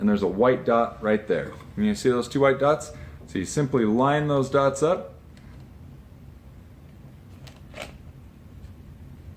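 Someone talks while lining up the white dots on an interchangeable lens and a Canon DSLR camera body, getting ready to twist the lens onto the bayonet mount. After the talking, quiet handling follows, with faint light ticks at about 5.4 s and 7.5 s. Nothing has seated or clicked into the mount yet.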